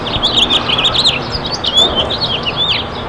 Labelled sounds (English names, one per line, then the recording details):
House Finch song
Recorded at Merrick on Long Island, New York, on 17 May 2013
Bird A